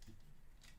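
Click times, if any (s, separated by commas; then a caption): none. A plastic brick middle leg assembly is handled and pushed toward the body of a plastic brick droid model. Only soft, scraping handling sounds with faint bursts of high-frequency rustle are heard. Nothing has seated or clicked yet.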